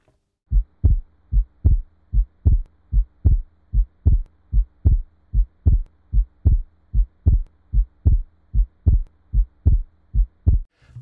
A pretty obvious example here of a fixed splitting of the second heart sound found in a young patient with an underlying ASD because of the increased blood flow across the pulmonary valve, which delays its closure. That means that the pulmonary valve closure is no longer in sync with the aortic valve closure.